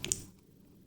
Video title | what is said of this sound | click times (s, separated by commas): QUICK DISCONNECT your car audio system! Speaker wire & RCA connections STEP-BY-STEP | we go. That was a better click on that one. | 0.1 s